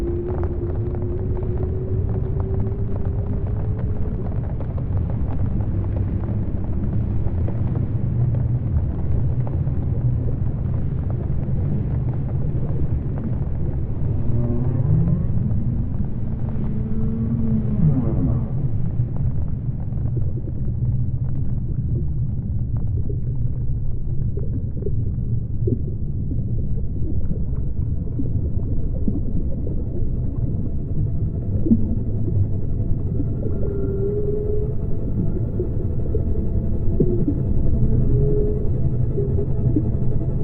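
A watery soundscape built from a deep, steady rumble that fills the low end throughout. Faint wavering tones drift over it, rising and gliding around 15–18 seconds and returning as short calls near 33–40 seconds, with thin crackling and bubbling above.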